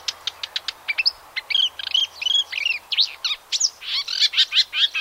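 Icterine warbler song, quick sharp ticks leading into a rapid jumble of whistled, nasal and chattering notes.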